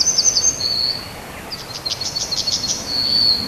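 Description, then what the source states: Yellowhammer song: a run of quick, high, evenly spaced notes ending in a drawn-out thin final note, with another high note heard at the start. First yellowhammers starting to sing, for now a short, melancholic, somewhat sentimental song; resident species singing despite minus 15 degrees in Polesie, Poland.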